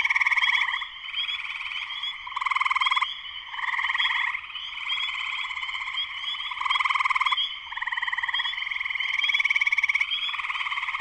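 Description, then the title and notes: Dense spring peeper chorus, shrill repeated peeps layered over throbbing trills that swell in short bursts throughout. Full chorus of many spring peepers shortly after sunset, Sleeping Bear Dunes National Lakeshore, northern Michigan, USA; recorded by Darrin Wassom. "Spring peepers (chorus frogs) in concert. Spring peepers (chorus frogs) in full chorus shortly after sunset in the Sleeping Bear Dunes National Lakeshore in northern Michigan, USA. Recorded by Darrin Wassom. Music for Sleep"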